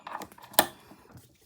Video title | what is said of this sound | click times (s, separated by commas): Budget flat lap unboxing and walk through. | latch to open it so push until it clicks it won't come out on its own until you push the button and pull it out | 0.6 s